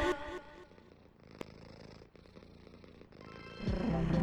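A cat purring in a low, steady, rumbling stream with a soft pulsing texture, briefly broken by a sharp tick, then swelling louder near the end. No one speaks.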